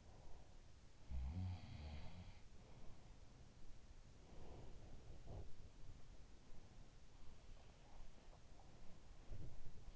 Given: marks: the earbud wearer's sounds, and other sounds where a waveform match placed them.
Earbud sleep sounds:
sounds in sleep by an in-ear microphone; breath
0.00-0.57 s: breath
0.80-3.66 s: sound from someone else or the room
4.17-6.46 s: sound from someone else or the room
7.09-9.83 s: sound from someone else or the room

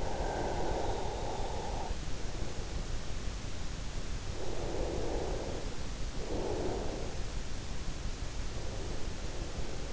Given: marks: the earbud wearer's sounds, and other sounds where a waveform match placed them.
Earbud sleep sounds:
sounds in sleep by an in-ear microphone; breath
0.00-1.93 s: breath
4.41-7.17 s: breath

